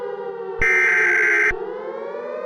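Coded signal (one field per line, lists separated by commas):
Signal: Emergency Alert System (SAME) tones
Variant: header bursts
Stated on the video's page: Fictional EAS scenario, simulated alert.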